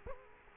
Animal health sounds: mosquito wingbeat signal from an infrared sensor; Culex quinquefasciatus

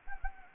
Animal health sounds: mosquito wingbeat signal from an infrared sensor; Anopheles gambiae

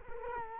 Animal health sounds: mosquito wingbeat signal from an infrared sensor; Culex quinquefasciatus

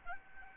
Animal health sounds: mosquito wingbeat signal from an infrared sensor; Aedes albopictus

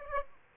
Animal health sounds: mosquito wingbeat signal from an infrared sensor; Aedes aegypti

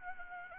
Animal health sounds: mosquito wingbeat signal from an infrared sensor; Anopheles arabiensis

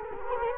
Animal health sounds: mosquito wingbeat signal from an infrared sensor; Culex quinquefasciatus

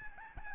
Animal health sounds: mosquito wingbeat signal from an infrared sensor; Aedes albopictus

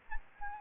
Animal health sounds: mosquito wingbeat signal from an infrared sensor; Anopheles gambiae

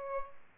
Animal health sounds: mosquito wingbeat signal from an infrared sensor; Aedes albopictus

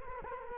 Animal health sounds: mosquito wingbeat signal from an infrared sensor; Culex quinquefasciatus

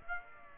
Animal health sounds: mosquito wingbeat signal from an infrared sensor; Aedes aegypti

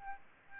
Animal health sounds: mosquito wingbeat signal from an infrared sensor; Aedes albopictus

